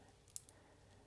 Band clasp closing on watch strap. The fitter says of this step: and before I even turned it around it already snapped into place so